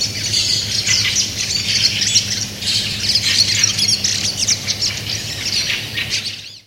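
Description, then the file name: Fieldfares giving harsh, dense chattering calls, many birds overlapping almost continuously, with a steady low hum beneath. A fieldfare colony. "hallrastas koloonia"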